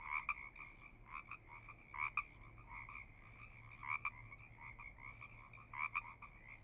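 Frog giving quiet, raspy croaks, a paired ribbit roughly every two seconds linked by softer trilling notes, over a low background hum.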